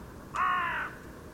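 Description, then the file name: Carrion crow giving one harsh caw of about half a second over quiet background noise. "Corvus corone"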